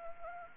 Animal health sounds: mosquito wingbeat signal from an infrared sensor; Anopheles arabiensis

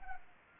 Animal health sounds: mosquito wingbeat signal from an infrared sensor; Culex pipiens

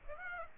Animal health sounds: mosquito wingbeat signal from an infrared sensor; Aedes aegypti

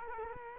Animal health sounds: mosquito wingbeat signal from an infrared sensor; Culex quinquefasciatus

